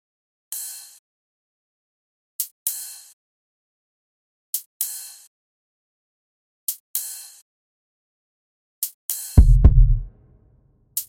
Heartbeat.